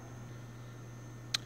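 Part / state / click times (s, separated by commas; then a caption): sun pad backrest locking into the boat's transom walk-through / seated / 1.3 s. The rear sun pad backrest on a Crownline 210 SS boat is flipped up to open the transom walk-through. Over a steady low hum, one sharp click at 1.4 s marks it locking into place. The sun pad is seated in the upright position.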